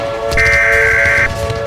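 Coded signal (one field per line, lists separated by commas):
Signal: Emergency Alert System (SAME) tones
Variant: header bursts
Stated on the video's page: Fictional WW3 EAS scenario, not a real alert.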